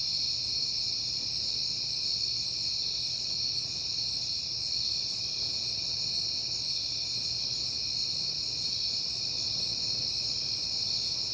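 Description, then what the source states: Crickets trill unbroken at a high pitch, holding the same level throughout over quiet low background noise. Crickets recorded at night in September, on a peaceful night.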